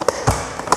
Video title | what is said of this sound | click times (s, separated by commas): Daniel Explains: Universal top cases | And you hear that? So just make sure it clicks | 0.1 s, 0.7 s